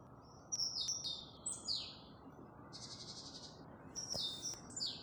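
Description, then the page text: Great tit song: high, sharp whistled notes sliding downward, given in quick groups, with a brief buzzy burst in the middle and steady low background hiss. Single singing male in breeding season, recorded in Vecumnieki parish, Bauska area, Latvia, on 23 May 2025 at 21:00. "Great Tit, Parus major Observation time 23-May-2025 plkst. 21:00. Vecumnieku novads"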